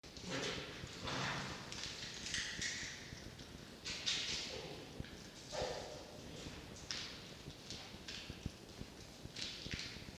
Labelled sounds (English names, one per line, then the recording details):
Red Fox
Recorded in captivity
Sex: male
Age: juvenile
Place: Zoologisches Institut der HUB, Berlin, DE
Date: 1952-09-18 19:20
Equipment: Elmetra
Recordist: Tembrock, Günter
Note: Toni: offenes Knurren (mit Fleisch, Abwehr gegen Mucki und Jupp)